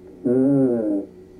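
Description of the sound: Adult voice heard through the chest wall by stethoscope over healthy lung: a single muffled, low-pitched voiced sound lasting under a second, with its high frequencies filtered out. Normal vocal resonance (bronchophony).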